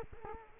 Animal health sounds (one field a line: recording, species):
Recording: mosquito wingbeat signal from an infrared sensor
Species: Culex quinquefasciatus